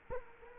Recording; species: mosquito wingbeat signal from an infrared sensor; Culex quinquefasciatus